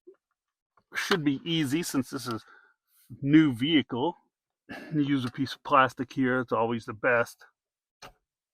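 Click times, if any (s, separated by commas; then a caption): 8.0 s. Someone talks while prying a factory connector or trim piece out of the dash of a new 2025–26 Toyota 4Runner with a plastic tool, during a Beat Sonic stereo amp install. A sharp click at 8.0 s marks the part popping out and coming free.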